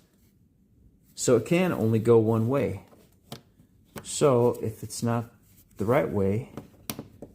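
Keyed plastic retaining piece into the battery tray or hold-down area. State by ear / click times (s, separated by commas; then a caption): seated / 6.9 s. During a battery replacement on a 2010–2017 Chevy Equinox, a keyed plastic retaining piece that only fits one way is pushed into its slot in the battery tray or hold-down area while someone talks. A sharp hit at 6.9 s marks the piece popping into place, seated.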